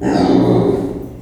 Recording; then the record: squeal of a Yucatan mini pig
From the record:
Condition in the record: before surgery on the right vocal fold (resection and tissue-engineered implant); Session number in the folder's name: 2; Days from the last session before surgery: -15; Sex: female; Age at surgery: 19 weeks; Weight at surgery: 25 kg